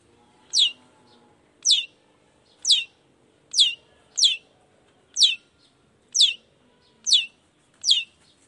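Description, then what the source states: Long-tailed shrike calls: a sharp falling note repeated about once a second, nine times, over a faint low hum. In the morning, with 'toet toet' song variations, meant to stimulate a reluctant shrike into singing.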